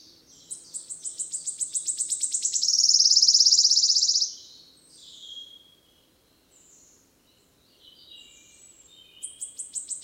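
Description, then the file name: Wood warbler song: high ticking notes speed up into a loud, shivering trill lasting about one and a half seconds, followed by softer scattered notes, then another accelerating phrase begins. Recorded 10 May 2008. "20080510 1117 Phylloscopus sibilatrix"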